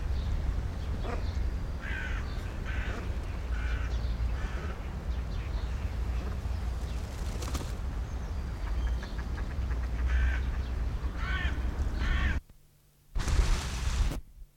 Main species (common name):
Common Shelduck